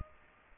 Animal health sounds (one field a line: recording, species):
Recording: mosquito wingbeat signal from an infrared sensor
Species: Culex pipiens